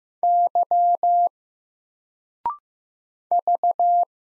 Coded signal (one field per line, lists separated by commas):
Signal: Morse code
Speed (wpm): 15 wpm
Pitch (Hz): 700 Hz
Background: none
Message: Y V